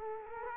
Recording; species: mosquito wingbeat signal from an infrared sensor; Culex quinquefasciatus